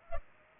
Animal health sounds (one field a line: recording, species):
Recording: mosquito wingbeat signal from an infrared sensor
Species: Culex pipiens